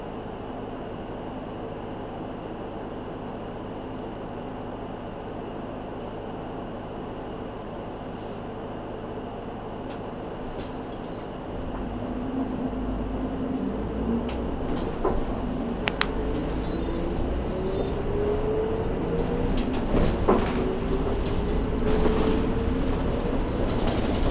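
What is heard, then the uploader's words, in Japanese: Riding the Matsuura Railway and Saihi bus from Naka-Sasebo toward Sasebo: a steady low rumble of the moving vehicle, rising and louder after about eleven seconds. Rising engine or motor whine appears later, with scattered clicks and knocks around ten to sixteen seconds. 松浦鉄道・西肥バス 中佐世保→佐世保→弓張岳展望台。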